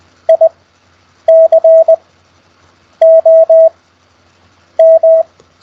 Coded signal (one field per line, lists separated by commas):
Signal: Morse code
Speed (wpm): 20 wpm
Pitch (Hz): 650 Hz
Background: none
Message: ICOM